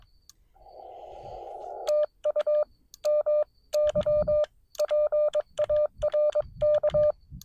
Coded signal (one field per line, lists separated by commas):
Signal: Morse code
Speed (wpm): 22 wpm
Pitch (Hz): 600 Hz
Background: none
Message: TU MY PARK